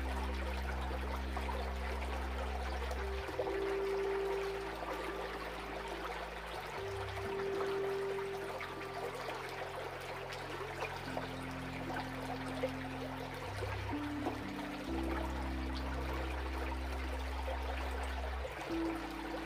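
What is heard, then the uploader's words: A creek trickles and babbles at a steady, dense level, with fine splashing detail throughout. Underneath runs a deep humming drone that shifts pitch in blocks every few seconds, with small droplet-like clicks scattered over the flowing water. Today we're meditating to the sounds of the creek.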